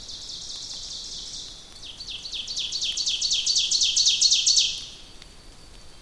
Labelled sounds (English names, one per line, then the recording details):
Ovenbird song
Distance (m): 15 m
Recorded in boreal forest in Alberta, Canada, on 2 June 2016 at 08:07
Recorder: SongMeter 3, array SBT-3-7
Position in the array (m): 261 m, 13 m
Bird 10